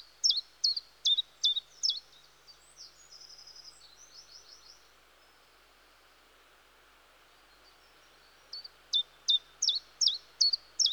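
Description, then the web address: Common chiffchaff song: quick high dropping notes, then softer high twitters and a pause, then the sharp notes resume at close to three per second. "The BBC Sound Effects Library. Chiffchaff"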